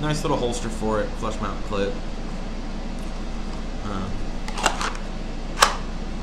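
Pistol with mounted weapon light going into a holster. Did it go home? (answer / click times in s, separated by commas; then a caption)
yes / 5.6 s. A pistol with a mounted weapon light, an Inforce APL C, is pushed into a holster made for it while someone talks over a steady background hum. A few light clicks and scrapes come around 4.5–5.0 seconds, then a sharp click at 5.6 seconds as the pistol seats and locks in the holster.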